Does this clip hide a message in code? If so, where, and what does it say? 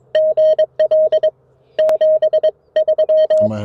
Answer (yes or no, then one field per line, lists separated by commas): yes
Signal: Morse code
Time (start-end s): 0.2-3.5 s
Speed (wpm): 21 wpm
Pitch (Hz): 590 Hz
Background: none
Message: GL 73